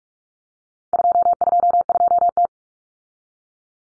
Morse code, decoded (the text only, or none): 222T